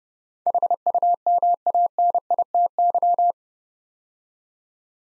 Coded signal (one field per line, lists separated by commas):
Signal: Morse code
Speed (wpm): 28 wpm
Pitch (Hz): 700 Hz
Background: none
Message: HUMANITY